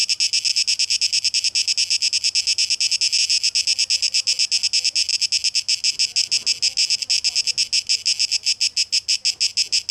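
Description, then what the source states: Cicada song as a piercing, rhythmic buzz, pulses coming quickly, with a faint low hum behind. Tape echo mix; 12 August 2023.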